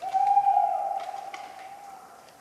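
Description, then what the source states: Tawny owl hooting: one long, steady, low hollow note held about two seconds and slowly fading, over quiet night background. Very vocal, on a cold autumn night of 11 November 1995 at Ménigoute, France, during an ornithological film festival.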